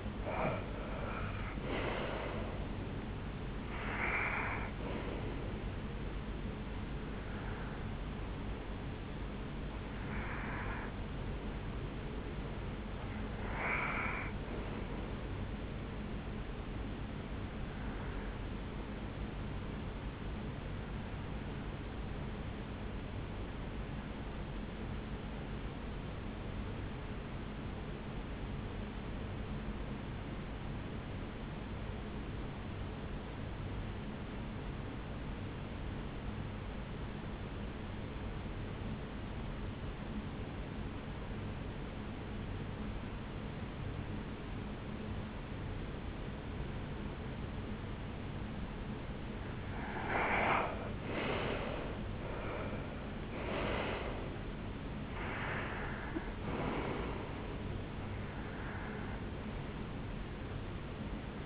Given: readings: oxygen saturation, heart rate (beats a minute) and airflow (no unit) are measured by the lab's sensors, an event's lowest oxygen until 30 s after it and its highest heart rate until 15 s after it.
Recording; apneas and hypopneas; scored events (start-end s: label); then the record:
breathing in sleep by a voice recorder at the bedside; 1
24.00-54.10 s: hypopnea (REM, oxygen 95% highest, then 80% lowest, heart rate 66 at the start, 76 highest)
From the record:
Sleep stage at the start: REM sleep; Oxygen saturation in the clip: 77 to 95%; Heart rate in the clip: 63 to 77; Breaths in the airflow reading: 12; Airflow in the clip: -11.1 to 6.8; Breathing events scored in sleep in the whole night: 449 in 7.0 hours asleep